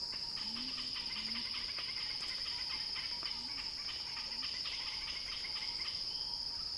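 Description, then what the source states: Cicada buzzing, constant and high, over rapid pulsing insect or bird twitters and four low chirps spaced throughout. Described as a cicada crescendo; recorded by Axel Drioli.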